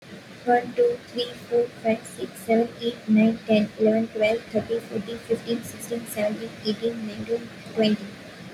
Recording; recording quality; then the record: counting at a fast pace; excellent, no background noise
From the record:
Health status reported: healthy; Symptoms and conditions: none ticked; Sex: female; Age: 22 years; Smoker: not ticked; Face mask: not worn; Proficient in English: yes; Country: India